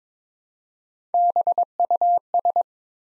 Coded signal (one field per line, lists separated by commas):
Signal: Morse code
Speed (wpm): 22 wpm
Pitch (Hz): 700 Hz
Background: none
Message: BUS